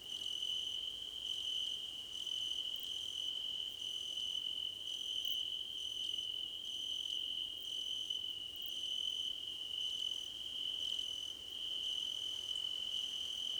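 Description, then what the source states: Continuous cricket trilling with regular higher pulsed chirps repeating about every half second to second over the whole stretch. Several crickets singing together in a chorus, described as a choir competition.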